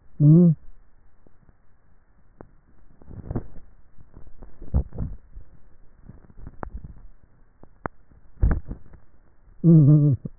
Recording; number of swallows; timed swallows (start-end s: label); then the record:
swallowing sounds by neck microphone; 2
4.65-5.85 s: swallow
6.52-6.98 s: swallow
From the record:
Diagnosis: dysphagia